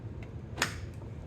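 A graphics card is lined up in a motherboard PCIe slot and pressed down with a little force. A faint tick is heard at 0.2 s before the slot's retention latch gives a sharp click at 0.6 s. The card is seated.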